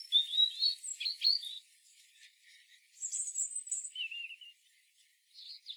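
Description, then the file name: European robin song: liquid warbled notes and quick high trills, a soft lull, then a bright high whistled phrase and a lower trill. "Erithacus rubecula"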